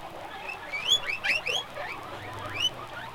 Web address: guinea pigs